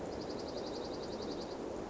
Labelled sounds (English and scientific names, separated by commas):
Dark-eyed Junco (Junco hyemalis)